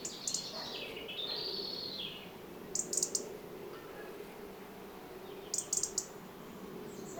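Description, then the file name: European robin giving a thin, high, arched whistled phrase, then a pause broken by short bursts of high clicks, over low background noise. "Erithacus rubecula"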